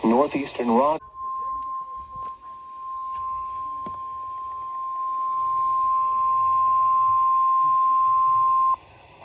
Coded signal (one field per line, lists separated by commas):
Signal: Emergency Alert System (SAME) tones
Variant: 1050 Hz attention tone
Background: speech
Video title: EAS Alerts From 11/4/24 (EAS #3473-3492)